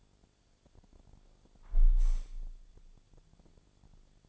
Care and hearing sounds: daily activity, microphone in the room; close window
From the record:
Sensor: 5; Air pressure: 1000.5 hPa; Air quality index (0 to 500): 151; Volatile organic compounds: 2 ppm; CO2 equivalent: 1156 ppm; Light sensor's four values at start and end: 39/91/38/41 and 39/91/38/41

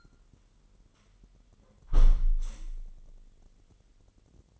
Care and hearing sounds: daily activity, microphone in the room; close window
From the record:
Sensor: 4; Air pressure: 999.4 hPa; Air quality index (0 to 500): 106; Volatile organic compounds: 2 ppm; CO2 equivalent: 1046 ppm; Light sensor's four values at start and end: 13/30/12/14 and 12/30/12/13

